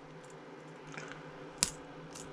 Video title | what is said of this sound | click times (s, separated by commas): ep027-Upgrading Hooks & Line-Tie Split Rings on Hard Baits | that click right there now see | 1.6 s